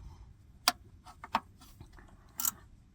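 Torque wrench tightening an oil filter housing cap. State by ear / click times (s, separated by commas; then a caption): torque reached / 0.7 s. A torque wrench tightens the oil filter housing cap on a van engine while one hand steadies the centre of the cap. The wrench gives a sharp click at its setting at 0.7 s, followed by a few softer ticks and knocks around 1.2–1.4 s and 2.4–2.5 s. The cap is tightened to its setting and shut.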